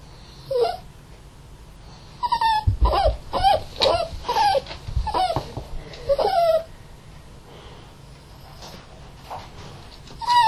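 Poodle giving a run of thin, wavering whines in quick succession, with soft low thumps and rustling beneath, then a quieter stretch before one last whine.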